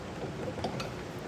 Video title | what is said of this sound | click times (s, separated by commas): etrailer - How To Assemble the Hollywood Racks Sport Rider SE Bike Rack for 2 Electric Bikes | make sure it's locked into place | 0.6 s, 0.8 s